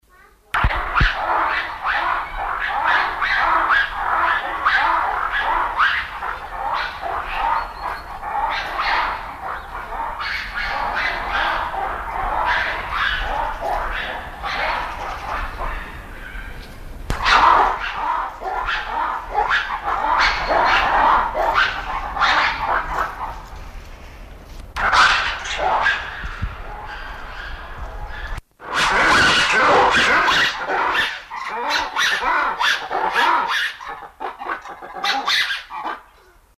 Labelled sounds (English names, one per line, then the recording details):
Black-and-white Ruffed Lemur call
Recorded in captivity
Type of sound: call
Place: Tierpark Berlin, Berlin, DE
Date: 1992-10-31 12:00
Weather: sonnig bis heiter, -2 bis 3°C
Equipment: Marantz CP 430, Sennheiser ME 80, Kopie Tesla B 116
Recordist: Tembrock, Günter
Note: V. v. variegata - Schwarzweisser Vari; Laute in der Gruppe